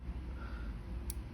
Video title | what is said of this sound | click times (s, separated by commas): ซิมเทพ&ซิมเทพธอร์ ซิมเน็ตรายปี ไม่จำกัดจำนวนGB | มันจะดังแก๊กเลยดังดังแก๊กเสร็จปุ๊บก็พร้อม | 1.1 s